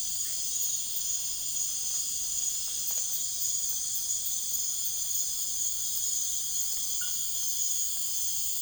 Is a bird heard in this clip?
no